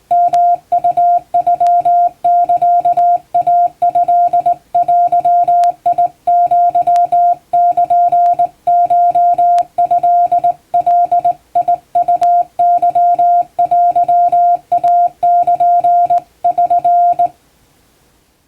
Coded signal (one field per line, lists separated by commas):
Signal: Morse code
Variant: Japanese Wabun code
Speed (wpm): 20 wpm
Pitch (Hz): 700 Hz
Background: music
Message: ヨウノサイトデアルコトガウケテイル <SN>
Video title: 毎日モールスラーニング！第１級無線通信士が打つ綺麗な手打ち和文モールス符号で受信練習をしよう！YouTubeの再生速度を自分の速度に調整して聴いてみよう(morse code practice)